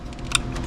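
A wiring harness connector piece for a 500 Madness MAXBoost ECM on a 124 Spider is slid onto the ECM plug with its tab facing out. A faint rustle of handling is followed by one sharp, bright click at 0.4 s as the connector seats and is secured. Someone talks.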